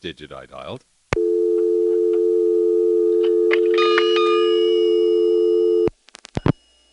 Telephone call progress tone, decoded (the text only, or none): dial tone